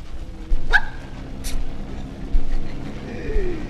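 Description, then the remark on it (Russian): A pedigree dog, described by its owner as a 'Spanish dachshund', gives two short, sharp barks in quick succession, then falls quiet over a steady low rumble of background noise. “А это ваша собака? Да, моя.”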